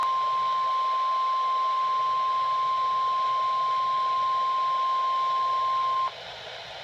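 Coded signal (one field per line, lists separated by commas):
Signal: Emergency Alert System (SAME) tones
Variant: 1050 Hz attention tone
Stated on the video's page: Severe thunderstorm warning on Weatheradio Canada.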